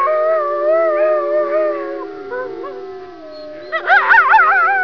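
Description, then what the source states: Coyotes in a chorus of several overlapping long, wavering howls, with quavering yips breaking in near the end. Chorus howling by coyotes.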